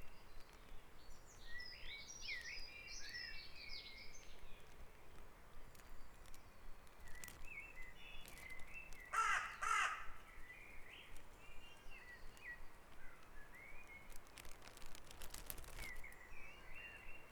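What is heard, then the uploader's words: Birds sing in a dawn chorus over a steady low rumble of background noise. Chirps and warbling phrases come frequently, busiest in the first few seconds, with a louder burst of calls around nine to ten seconds and short clicks near fifteen seconds. Dawn Chorus // Back Dragon Avenue, Harrogate.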